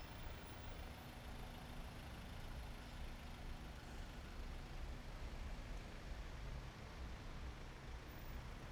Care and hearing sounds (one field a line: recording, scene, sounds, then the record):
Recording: everyday scene through a hearing-aid microphone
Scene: in traffic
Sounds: traffic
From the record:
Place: main road on the outskirts, rush hour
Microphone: behind the ear, right, front